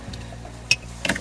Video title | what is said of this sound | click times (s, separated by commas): How to disassemble dashboard in 2015 Chrysler 300 & install VLine VL2 CarPlay® Android Auto® System | this lever down and you'll feel it snap into place | 0.7 s